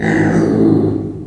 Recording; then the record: squeal of a Yucatan mini pig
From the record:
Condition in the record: before surgery on the right vocal fold (resection and tissue-engineered implant); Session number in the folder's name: 3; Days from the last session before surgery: 0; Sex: female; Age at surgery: 19 weeks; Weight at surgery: 25 kg